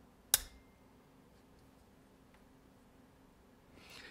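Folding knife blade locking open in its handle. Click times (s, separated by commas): 0.3 s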